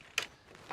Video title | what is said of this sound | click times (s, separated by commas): Jawa Annexe & AntiFlap Kit | locks into place | 0.2 s